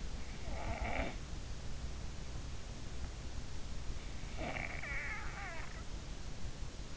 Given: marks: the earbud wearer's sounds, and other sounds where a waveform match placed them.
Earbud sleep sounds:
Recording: sounds in sleep by an in-ear microphone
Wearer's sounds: snoring breath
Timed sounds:
0.43-1.34 s: snoring breath
4.17-5.72 s: snoring breath

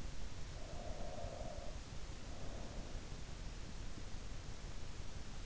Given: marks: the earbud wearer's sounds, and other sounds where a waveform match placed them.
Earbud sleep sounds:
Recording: sounds in sleep by an in-ear microphone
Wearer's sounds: breath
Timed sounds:
0.35-3.29 s: breath

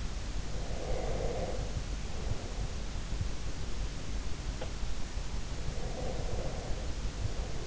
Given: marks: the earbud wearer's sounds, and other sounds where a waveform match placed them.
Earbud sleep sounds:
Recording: sounds in sleep by an in-ear microphone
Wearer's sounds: breath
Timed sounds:
0.72-2.24 s: breath
4.39-4.78 s: sound from someone else or the room
5.75-7.67 s: breath

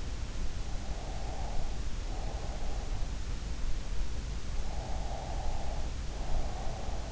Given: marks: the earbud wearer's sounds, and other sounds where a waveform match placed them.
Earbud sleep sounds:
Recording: sounds in sleep by an in-ear microphone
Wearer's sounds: breath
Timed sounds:
0.96-2.76 s: breath
4.77-7.12 s: breath

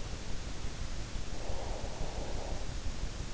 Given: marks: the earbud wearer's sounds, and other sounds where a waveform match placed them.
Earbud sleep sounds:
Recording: sounds in sleep by an in-ear microphone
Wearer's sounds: breath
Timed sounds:
1.24-3.28 s: breath

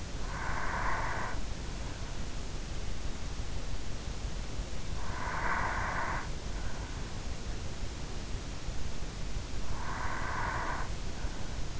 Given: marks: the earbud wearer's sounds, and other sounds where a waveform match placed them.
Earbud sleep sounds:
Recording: sounds in sleep by an in-ear microphone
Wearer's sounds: breath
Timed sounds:
0.00-1.77 s: breath
4.55-6.50 s: breath
9.22-11.80 s: breath

